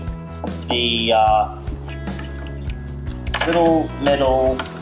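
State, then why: Not seated. A circle guide base plate is handled onto a ruler while its small metal T-slot piece is being engaged with the ruler track, producing a few soft handling knocks and taps over background music as someone talks. Nothing has seated or clicked into place yet.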